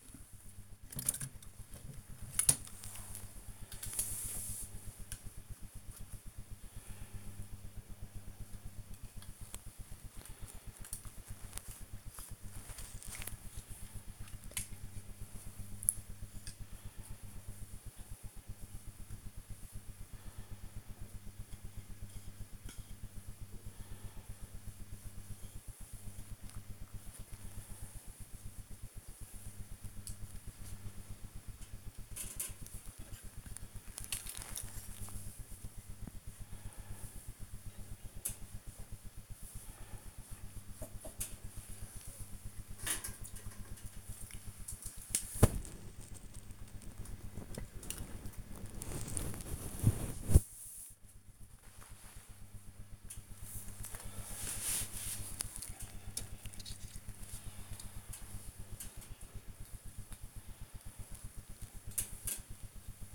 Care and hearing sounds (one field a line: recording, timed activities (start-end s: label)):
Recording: household activities, microphone on the right wrist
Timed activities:
0.00-46.34 s: dusting model cars
52.37-63.15 s: dusting model cars